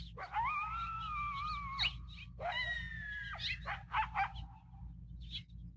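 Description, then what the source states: Coyote howls: two long drawn-out howls followed by several sharp yips. Pair of coyotes; sample edited together from about 20–30 minutes of audio.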